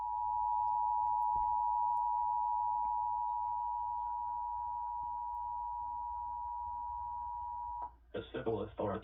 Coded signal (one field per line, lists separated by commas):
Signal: Emergency Alert System (SAME) tones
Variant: 853 and 960 Hz attention tone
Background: speech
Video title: EAS Activation: Kentucky's Required Monthly Test On WLKY